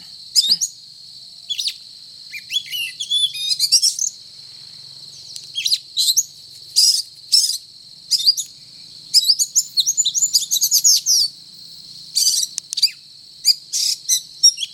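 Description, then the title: Oriental magpie-robin singing bursts of varied high whistles, sweeps and chattering notes, phrases separated by brief pauses, over a steady high-pitched hiss. Title describes the bird as singing 'gacor', meaning actively and persistently. "Kacer Gacor"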